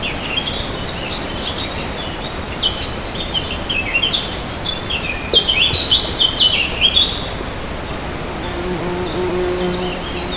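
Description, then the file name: Warbler singing a fast chattering run of high, scratchy notes, loudest near the middle, with a faint low hum late and constant hiss behind. "fauvette"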